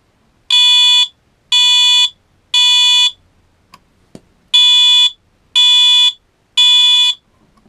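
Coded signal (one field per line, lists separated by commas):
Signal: alarm pattern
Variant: Wheelock MT horn, code 3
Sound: harsh buzzy horn beeping three times, a pause, then three more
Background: indoor room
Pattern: temporal three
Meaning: Temporal-3 fire alarm signal telling occupants to evacuate the building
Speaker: this is hot uh CO3 tone this is my favorite tone of every single tone on the Wheelock MT has to be c three tone here we go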